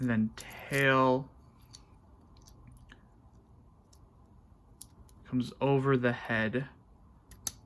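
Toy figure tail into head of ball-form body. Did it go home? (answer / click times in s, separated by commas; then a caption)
yes / 7.5 s. The plastic tail of a transforming toy figure is folded over its head to close the body into ball form, while someone talks. After a few faint clicks and handling noises, the tail snaps into place with a sharp click at 7.5 seconds, locking it shut.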